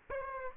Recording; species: mosquito wingbeat signal from an infrared sensor; Aedes aegypti